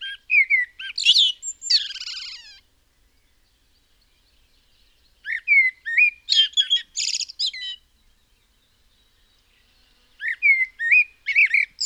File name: Turdus merula